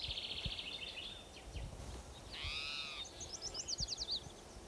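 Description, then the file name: Spotted Towhee cry: a harsh, arched, rasping call in the middle, with quick trilled bursts of high notes before and after, over steady background hiss. Towhee number 7 giving cries; 27 Jun 2006, Slate Mountain Trail at Gibson Jack Creek, Bannock County, Idaho. "Cicero 27 Jun 2006 Pmaculatus 7"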